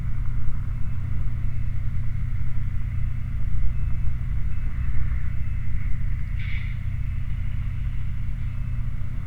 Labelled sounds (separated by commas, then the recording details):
machinery, flare stack
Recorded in the Prudhoe Bay oil fields, Alaska, on 28 July 2019 at 20:10
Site 29